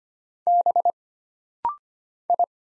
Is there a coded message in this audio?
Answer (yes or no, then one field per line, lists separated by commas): yes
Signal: Morse code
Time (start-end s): 0.5-2.4 s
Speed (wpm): 25 wpm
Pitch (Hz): 700 Hz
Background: none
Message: B I